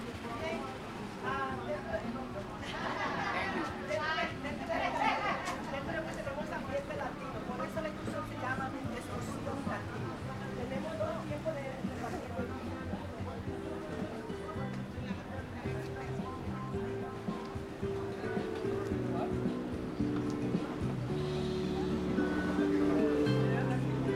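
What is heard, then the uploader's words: A walk through the streets of Willemstad, with people chatting over a steady low rumble of traffic. Voices are clearest in the first few seconds, then blend into a busy outdoor murmur, and a vehicle's deep hum grows louder toward the end. City Sounds, Outdoor Sounds. Walking Around Willemstad Curacao.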